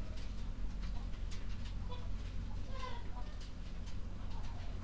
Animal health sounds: poultry house recording; sick chickens (respiratory disease)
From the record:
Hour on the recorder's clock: 23

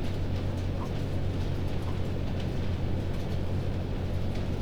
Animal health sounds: poultry house recording; healthy chickens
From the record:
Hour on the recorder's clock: 22

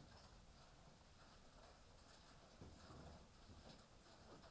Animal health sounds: poultry house recording; healthy chickens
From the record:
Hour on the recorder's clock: 18

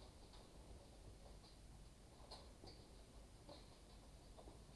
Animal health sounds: poultry house recording; no chicken sound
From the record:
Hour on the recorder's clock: 20

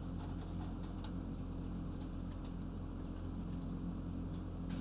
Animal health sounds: poultry house recording; healthy chickens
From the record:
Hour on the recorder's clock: 23

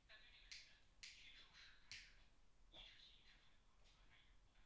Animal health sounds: poultry house recording; no chicken sound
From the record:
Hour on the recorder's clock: 10

